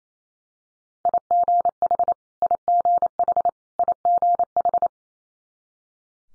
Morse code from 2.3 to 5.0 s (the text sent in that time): IGH IGH